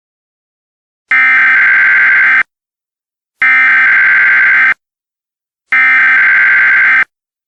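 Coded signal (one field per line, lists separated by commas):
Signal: Emergency Alert System (SAME) tones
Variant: header bursts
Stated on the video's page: Simulated alert scenario.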